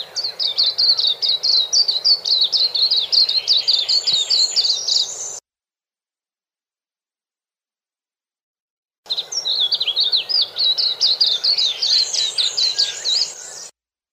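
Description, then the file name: White-eye delivering long bursts of rapid, sweet, high twittering with slurred and buzzy notes, separated by a silent gap of several seconds. "suara kicauan burung kacamata perak. omkicau"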